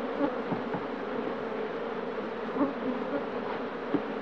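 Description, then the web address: Bee buzz, a continuous low humming drone with small flickers and bumps in loudness, never pausing. "пчела"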